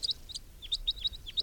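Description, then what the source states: Red Crossbill calls: a rapid series of bright, high, clipped kip notes, several sharply downslurred, repeated at irregular short intervals. Call type 3, a brown or green bird different from the others, circling and coming near; around 9:01.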